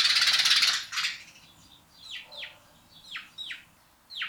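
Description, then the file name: House sparrow chirps: after a brief harsh rustling burst, a series of short downward-slurred cheeps comes in irregular pairs. "Passer domesticus"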